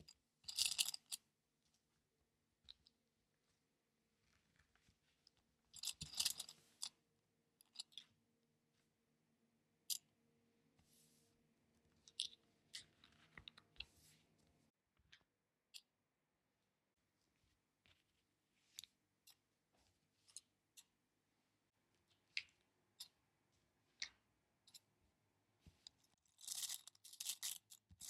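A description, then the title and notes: Paper patterns are being pinned to fabric, with bright crinkling bursts of paper near the start, around six seconds and at the end. Between them come sparse small clicks and taps, over a faint low hum that stops halfway through. ASMR pinning paper patterns to fabric.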